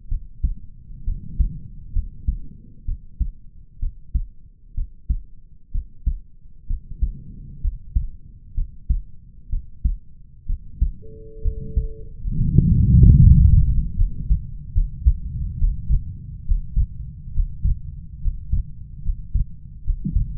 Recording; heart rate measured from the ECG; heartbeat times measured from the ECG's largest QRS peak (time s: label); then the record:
heart sounds by stethoscope; 67 bpm
0.09 s: heartbeat
1.04 s: heartbeat
1.93 s: heartbeat
2.85 s: heartbeat
3.80 s: heartbeat
4.75 s: heartbeat
5.72 s: heartbeat
6.67 s: heartbeat
7.61 s: heartbeat
8.55 s: heartbeat
9.50 s: heartbeat
10.46 s: heartbeat
11.42 s: heartbeat
12.35 s: heartbeat
13.18 s: heartbeat
13.96 s: heartbeat
14.73 s: heartbeat
15.58 s: heartbeat
16.45 s: heartbeat
17.33 s: heartbeat
18.20 s: heartbeat
19.02 s: heartbeat
19.83 s: heartbeat
From the record:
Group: healthy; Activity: rest 0-13 s, breath hold 13-20 s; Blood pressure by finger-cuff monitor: 96/73 mmHg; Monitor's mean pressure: 81 mmHg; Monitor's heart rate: 65 bpm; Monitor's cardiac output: 4.7 L/min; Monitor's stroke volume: 73 mL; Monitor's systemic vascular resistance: 1250 dyn s/cm5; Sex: male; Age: 20 years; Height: 187 cm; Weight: 68.9 kg